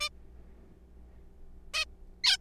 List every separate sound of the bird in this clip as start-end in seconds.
0.01-0.09, 1.74-1.84, 2.24-2.36